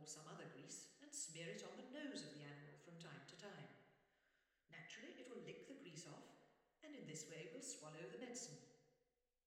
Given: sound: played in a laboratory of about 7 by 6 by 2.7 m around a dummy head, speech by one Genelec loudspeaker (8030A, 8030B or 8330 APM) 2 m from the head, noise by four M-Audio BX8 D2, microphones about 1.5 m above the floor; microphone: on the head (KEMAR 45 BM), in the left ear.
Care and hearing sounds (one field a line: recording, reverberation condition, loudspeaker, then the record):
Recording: female speech in English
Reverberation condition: high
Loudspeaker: 60 degrees to the left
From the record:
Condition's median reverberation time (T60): about 1300 ms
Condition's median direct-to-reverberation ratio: about -4.0 dB